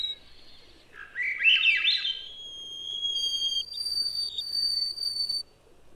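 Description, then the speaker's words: White-throated Sparrow song: long, clear, steady whistled notes held at different pitches, following a busy warbling chuckle. Several birds repeating their chants in different keys. "white-throated sparrows repeat their much-loved chants in different keys."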